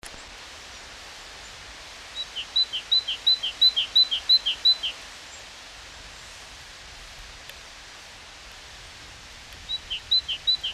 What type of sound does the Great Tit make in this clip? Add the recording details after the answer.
song. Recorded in the wild. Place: Oberstdorf, Bayern, DE. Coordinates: 47.4483, 10.2961. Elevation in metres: 857. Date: 1978-03-18. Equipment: Uher 4000 Report. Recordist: Tretzel, Erwin. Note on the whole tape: oberhalb von Reichenbach bei Oberstdorf, Parkplatz: Gesang "zidä" und "zibe"